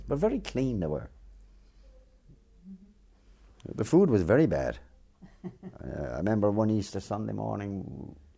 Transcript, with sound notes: But very clean, they were. The food was very bad. (Laughter) I remember one Easter Sunday morning